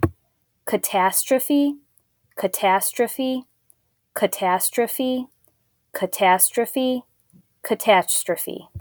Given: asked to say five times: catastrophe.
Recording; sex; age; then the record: repeated word; female; 30 to 39 years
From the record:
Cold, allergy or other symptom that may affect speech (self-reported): no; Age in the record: 35 years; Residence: Illinois, United States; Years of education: 22